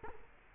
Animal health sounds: mosquito wingbeat signal from an infrared sensor; Culex quinquefasciatus

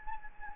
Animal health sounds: mosquito wingbeat signal from an infrared sensor; Anopheles gambiae

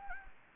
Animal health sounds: mosquito wingbeat signal from an infrared sensor; Anopheles gambiae

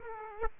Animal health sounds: mosquito wingbeat signal from an infrared sensor; Aedes aegypti

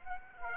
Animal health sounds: mosquito wingbeat signal from an infrared sensor; Aedes aegypti

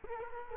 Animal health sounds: mosquito wingbeat signal from an infrared sensor; Culex quinquefasciatus

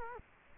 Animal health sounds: mosquito wingbeat signal from an infrared sensor; Culex quinquefasciatus

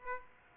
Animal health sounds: mosquito wingbeat signal from an infrared sensor; Aedes aegypti

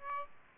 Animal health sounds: mosquito wingbeat signal from an infrared sensor; Aedes aegypti

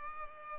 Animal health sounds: mosquito wingbeat signal from an infrared sensor; Culex pipiens

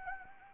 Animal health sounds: mosquito wingbeat signal from an infrared sensor; Anopheles arabiensis

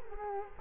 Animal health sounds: mosquito wingbeat signal from an infrared sensor; Culex quinquefasciatus

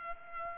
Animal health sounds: mosquito wingbeat signal from an infrared sensor; Culex pipiens

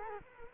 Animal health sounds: mosquito wingbeat signal from an infrared sensor; Culex quinquefasciatus

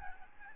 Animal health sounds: mosquito wingbeat signal from an infrared sensor; Aedes albopictus

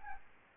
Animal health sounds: mosquito wingbeat signal from an infrared sensor; Aedes albopictus

